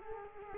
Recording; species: mosquito wingbeat signal from an infrared sensor; Culex quinquefasciatus